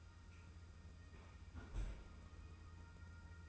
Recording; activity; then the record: daily activity, microphone in the room; close fridge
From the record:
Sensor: 2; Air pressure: 990.9 hPa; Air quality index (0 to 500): 129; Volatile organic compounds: 131 ppm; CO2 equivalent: 3931 ppm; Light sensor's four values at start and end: 20/48/19/19 and 20/48/19/19